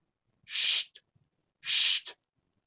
A murmur is a sound like this, shh that a patient can't hear with their own ears, but a doctor can very easily hear with a stethoscope.